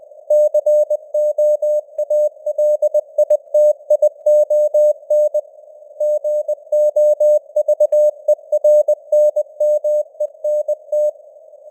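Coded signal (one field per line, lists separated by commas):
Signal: Morse code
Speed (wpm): 20 wpm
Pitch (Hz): 600 Hz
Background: none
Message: COALITION GOVERNMENT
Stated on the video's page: News headlines sent in Morse at 20 wpm with simulated radio noise and varying signal strength (QSB); an experiment.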